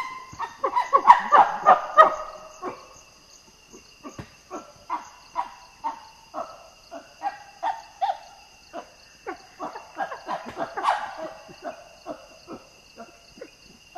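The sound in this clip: Common chimpanzee calls, a dense burst of overlapping hoots and cries early on, then a looser run of short falling calls, with a constant insect drone above.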